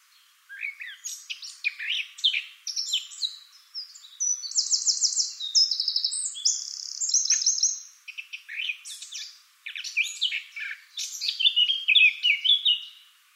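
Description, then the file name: Eurasian blackcap song, a long varied warble mixing sharp chirps with two rapid trills of repeated notes before further jumbled phrases. "Sylvia atricapilla"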